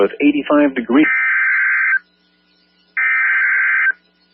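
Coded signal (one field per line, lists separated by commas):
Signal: Emergency Alert System (SAME) tones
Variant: header bursts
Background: speech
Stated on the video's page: Real fire warning relayed by the weather service on NOAA Weather Radio station WXK38.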